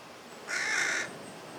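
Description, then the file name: Carrion crow giving a single harsh, hoarse caw lasting about half a second, with faint background hiss. "Corvus corone"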